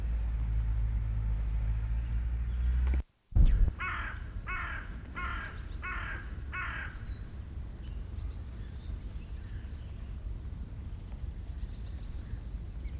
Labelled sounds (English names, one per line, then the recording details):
Hooded Crow call
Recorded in the wild
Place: Bergen, Insel Rügen, Mecklenburg-Vorpommern, DE
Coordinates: 54.415, 13.426
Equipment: Nagra III BH, Sennheiser MD 21
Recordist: Schubert, Michael
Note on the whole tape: zwei Nebelkrähen bei Rundflügen über dem Hochwald